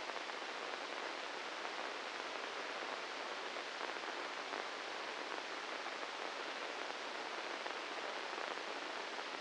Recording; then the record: brain microelectrode recording played as sound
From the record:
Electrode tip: inside the subthalamic nucleus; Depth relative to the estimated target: -3 mm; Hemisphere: left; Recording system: NeuroSet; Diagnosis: Parkinson's disease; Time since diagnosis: 10 years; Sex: male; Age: 56 years